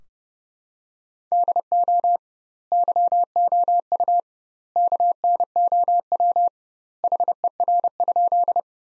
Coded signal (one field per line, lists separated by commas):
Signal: Morse code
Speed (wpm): 30 wpm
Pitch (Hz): 700 Hz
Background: none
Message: DO YOU KNOW HER?